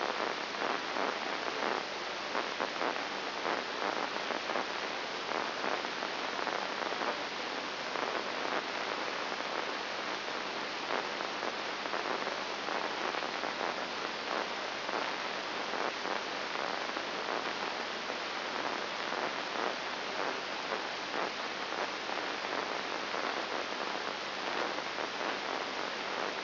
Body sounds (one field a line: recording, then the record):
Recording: brain microelectrode recording played as sound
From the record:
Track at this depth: inside the subthalamic nucleus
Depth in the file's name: 2.304 mm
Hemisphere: left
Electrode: 3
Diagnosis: Parkinson's disease